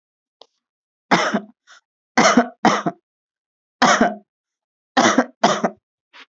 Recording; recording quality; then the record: heavy voluntary cough; excellent, no background noise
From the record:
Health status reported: healthy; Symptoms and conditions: none ticked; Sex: male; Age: 21 years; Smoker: not ticked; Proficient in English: yes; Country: India